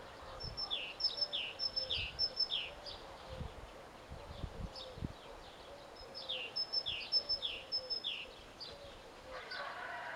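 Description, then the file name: Great tit calls: short downward-sliding high notes in quick groups of two or three, with sharp higher chips and a quieter lull mid-way. "Parus major"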